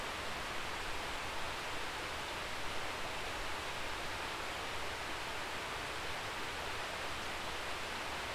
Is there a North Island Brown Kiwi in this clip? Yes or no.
no